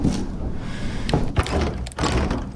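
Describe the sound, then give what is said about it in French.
A video game door swings open with a few clattering knocks and a low thud, followed by another soft bump, over a steady rumbling background with no talking. “J'ouvre la porte.”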